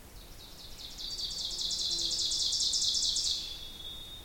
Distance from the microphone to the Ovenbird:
about 25 m